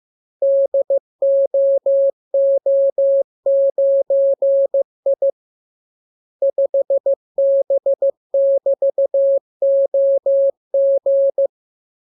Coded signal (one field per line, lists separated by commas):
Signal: Morse code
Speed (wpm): 15 wpm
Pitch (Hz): 550 Hz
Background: none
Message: DOO9I 5B<BT>OG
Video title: Learning Morse Code. Lesson 37. Letter KMURESNAPTLWI.JZ=FOY,VG5/Q92H38B?47C1D